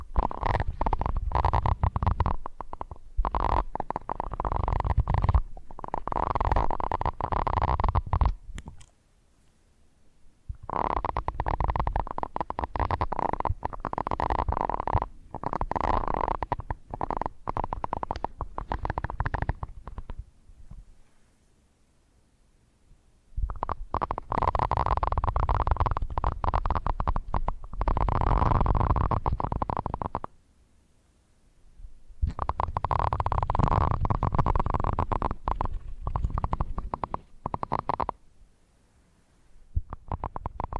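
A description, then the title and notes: Ear scratching comes in bursts of dense, rough scraping and rustling, each lasting several seconds, with a low rumbling thud underneath. Short near-silent pauses break the bursts around 9, 20, 30 and 38 seconds before the scratching resumes. Ear Scratching.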